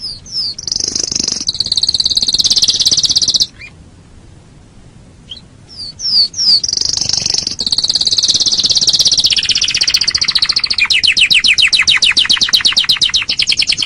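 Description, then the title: Canary song: a high buzzy trill that stops for a few seconds, resumes with quick slurred notes, then rolls into rapid pulsed trills. "Kenari"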